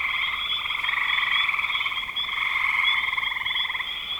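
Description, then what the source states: Frog chorus of many overlapping callers, a dense buzzy pulsing trill held steady throughout, with no other clear sounds. Frogs calling in spring 2025.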